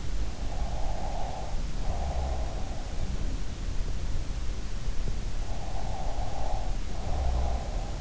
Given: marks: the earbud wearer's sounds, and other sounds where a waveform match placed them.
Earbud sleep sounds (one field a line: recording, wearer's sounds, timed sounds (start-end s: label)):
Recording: sounds in sleep by an in-ear microphone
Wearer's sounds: breath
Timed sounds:
0.57-2.82 s: breath
5.42-8.01 s: breath